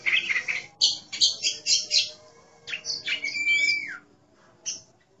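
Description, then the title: Oriental magpie-robin singing rapid grouped chirps, then a rich phrase with a clear, steady whistled note, and after a pause a lone chirp. "Kacer"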